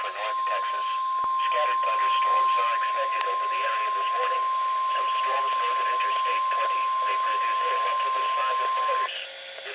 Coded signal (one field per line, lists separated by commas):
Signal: Emergency Alert System (SAME) tones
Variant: 1050 Hz attention tone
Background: speech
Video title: Tornado Watch #155 on 2 Stations (EAS #1051-1052)